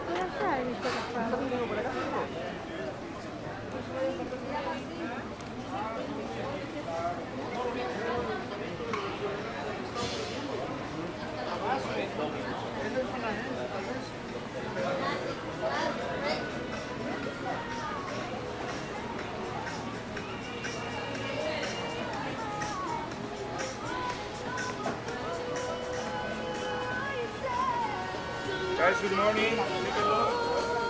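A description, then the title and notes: Walking down 5th Avenue in Playa del Carmen, a steady crowd of overlapping voices talks throughout, with no single speaker standing out. Brief clinks and knocks surface now and then, and a low steady hum runs underneath. Near the end a faint musical tone appears. In this episode we are taking a stroll down the busy 5th avenue in Playa Del Carmen, Mexico. Music, Road Noise, Car Sounds, Footsteps, Spanish Speaking. Walking Down 5th Avenue In Playa Del Carmen.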